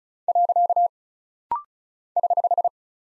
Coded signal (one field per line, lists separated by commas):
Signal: Morse code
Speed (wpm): 36 wpm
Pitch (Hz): 700 Hz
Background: none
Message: . <HH>